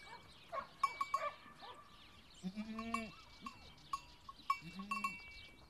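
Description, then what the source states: Goat bleating in two quavering calls about two seconds apart, with bells clinking. Goats on Spetses.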